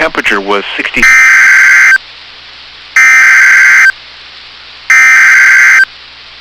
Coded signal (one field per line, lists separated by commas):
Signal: Emergency Alert System (SAME) tones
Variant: header bursts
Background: speech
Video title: [EAS Compilation] Northern Minnesota Flood Warnings August 18 2022